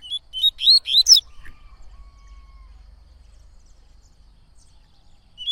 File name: canto de coleiro baiano